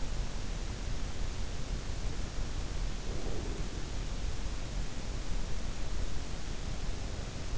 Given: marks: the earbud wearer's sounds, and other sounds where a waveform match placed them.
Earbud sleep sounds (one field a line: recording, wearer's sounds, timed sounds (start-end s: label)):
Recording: sounds in sleep by an in-ear microphone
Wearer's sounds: breath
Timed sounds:
2.87-4.86 s: breath